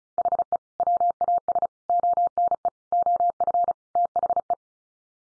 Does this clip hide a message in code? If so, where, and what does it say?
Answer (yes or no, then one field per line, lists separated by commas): yes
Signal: Morse code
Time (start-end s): 0.2-4.5 s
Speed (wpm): 34 wpm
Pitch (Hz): 700 Hz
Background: none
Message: HE WAS ONE OF THE